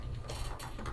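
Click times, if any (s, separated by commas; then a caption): none. A cordless blind's headrail is handled against its window wall mounting brackets, with the back rocked in and the front being pushed up toward the brackets. Brief scraping, rattling bursts are heard around 0.3 s and 0.9 s over a low background rumble. Nothing has seated or clicked into the brackets yet.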